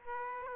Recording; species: mosquito wingbeat signal from an infrared sensor; Aedes aegypti